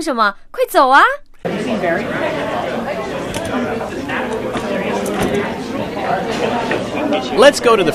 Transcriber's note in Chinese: Sound of door opening, grocery store sounds